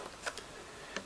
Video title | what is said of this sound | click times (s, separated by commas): Setup Shopify POS with Epson TM-m30ii Bluetooth Receipt Printer on Apple Ipad | you'll feel it go a little click there so that it's pushed in right that's | 1.0 s